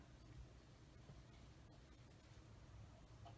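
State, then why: Not seated. Plastic parts for a Tamiya 1/35 M3A1 Scout Car scale model kit are lined up as well as possible before being pressed to lock into place in the kit assembly. Only faint, quiet handling is heard against a low background hum, and nothing has clicked or locked into place yet.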